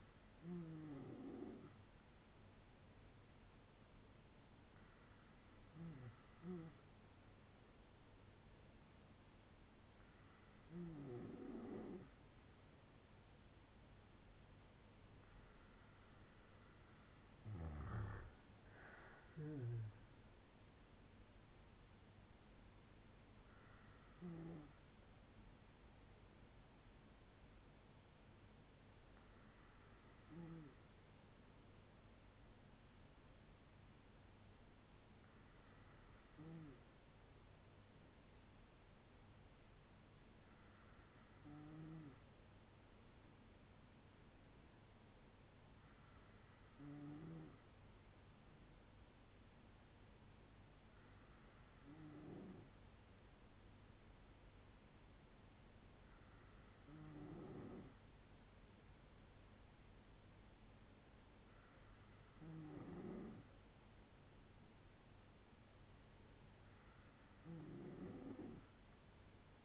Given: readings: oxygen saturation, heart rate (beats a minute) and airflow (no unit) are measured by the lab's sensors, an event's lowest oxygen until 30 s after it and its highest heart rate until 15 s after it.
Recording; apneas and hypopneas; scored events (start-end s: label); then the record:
breathing in sleep by a voice recorder at the bedside; 1
42.00-60.70 s: hypopnea (N2, oxygen 96% highest, then 93% lowest, heart rate 61 at the start, 68 highest)
From the record:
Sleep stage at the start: N2 (light sleep); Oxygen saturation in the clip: 94 to 96%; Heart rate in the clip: 57 to 77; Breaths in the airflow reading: 13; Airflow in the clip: -7.2 to 11.0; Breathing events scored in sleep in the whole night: 182 in 7.4 hours asleep